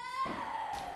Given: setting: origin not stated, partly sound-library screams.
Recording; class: one-second piece from a danger detection set; woman in danger